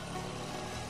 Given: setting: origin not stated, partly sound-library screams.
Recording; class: one-second piece from a danger detection set; normal situation